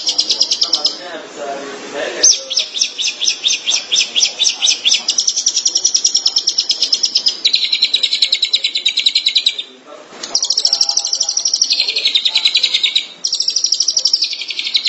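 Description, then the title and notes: Long-tailed Shrike song: long stretches of quick, buzzy chatter with a few brief breaks and faint low background noise. Recorded March 2017. "Pentet 201703. Suara burung pentet"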